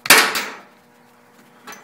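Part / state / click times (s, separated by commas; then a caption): hood pin into quick-latch hood pin receiver / seated / 0.1 s. On a 1965 Mustang, a metal hood pin is pushed up from underneath into a quick-latch hood pin unit and locks in with a sharp metallic clang at 0.1 s and 0.1 s, followed by a second hit and a ringing tail that fades by about 0.7 s. A faint tap near 1.4 s and a short softer sound near 1.7 s follow, and the pin is seated and locked.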